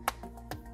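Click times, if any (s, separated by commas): 0.1 s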